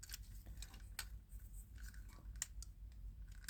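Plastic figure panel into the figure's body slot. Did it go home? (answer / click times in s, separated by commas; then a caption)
no / none. A plastic panel of a Transformers Legacy Evolution Menasor combiner figure is brought down and pushed toward the figure's body slot during transformation. Sharp plastic clicks and taps are heard around 1.0, 2.4 and 3.5 seconds over soft handling rustle. The panel has not seated or snapped into place yet.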